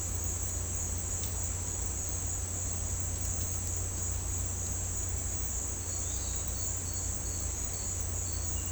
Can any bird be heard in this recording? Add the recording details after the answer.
no. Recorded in dense forest near Puerto Asís, Putumayo, Colombia, on 20 December 2024 at 10:00. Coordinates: 0.466, -76.327. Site G075